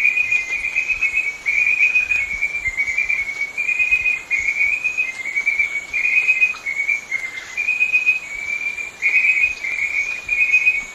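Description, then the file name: Perez's snouted frog giving a long run of brief buzzy notes over a loud hissing background. Ecuadorian Amazon. "Edalorhina perezi"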